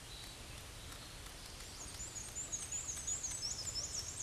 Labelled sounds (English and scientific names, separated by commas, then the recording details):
Black-and-white Warbler (Mniotilta varia) song
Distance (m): 20 m
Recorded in a Pennsylvania forest on 18 May 2023 at 13:57
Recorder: AudioMoth, point grid1_32_low
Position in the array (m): 89 m, 104 m